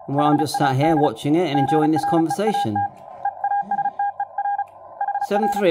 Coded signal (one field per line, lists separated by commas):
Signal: Morse code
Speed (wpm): 34 wpm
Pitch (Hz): 810 Hz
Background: speech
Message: HAD GREAT EASTER HR